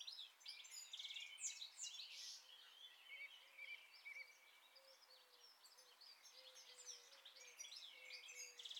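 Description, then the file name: European goldfinch calls, a dense run of bright, liquid chirps and short buzzy notes, with a soft low whistled tone repeating beneath. "Carduelis carduelis"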